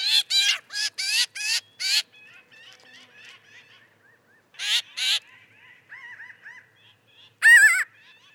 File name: Pinyon Jay